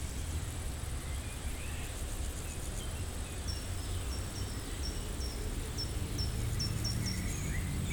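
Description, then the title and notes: Insects stridulating in a steady high hiss, with a bird's short repeated chirps in the background and a constant low rumble of traffic and wind. Insects stridulating in a dry meadow on a hot day; wind rustling foliage, birds singing from surrounding woods, motorbike noise from the RD991 road; Chindrieux, France. "348-862 Rue de Vars, 73310 Chindrieux, France - Prairie stridulante. Par une chaude journée , les insectes stridulent dans une prairie sèche, le vent fait frémir les feuillages, quelques oiseaux des bois environnants chantent , tandis que la RD991 envoie ses ronronnements de motos plus ou moins agressifs "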